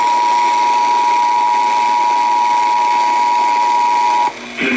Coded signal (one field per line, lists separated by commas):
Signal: Emergency Alert System (SAME) tones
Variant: 853 and 960 Hz attention tone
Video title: IT AIN'T OVER... EAS Alerts from 7/20/22 (EAS #7,632 - 7,644)